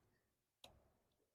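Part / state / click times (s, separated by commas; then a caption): electrical connector on ignition coil / seated / 0.6 s. An electrical connector is plugged onto an ignition coil on a BMW M54/M52tu engine during a spark plug change. A single sharp, bright click sounds at 0.7 s against a quiet low hum. The connector clicks in and is seated.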